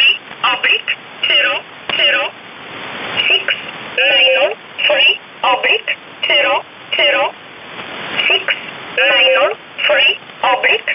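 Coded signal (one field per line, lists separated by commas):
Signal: numbers station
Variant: E11 Oblique, English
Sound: a voice reading short, evenly spaced single words over shortwave static, about one per second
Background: radio static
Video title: 10 04 2019 E11 Oblique Numbers station in English 1045 on 7317 unknown tx site in USB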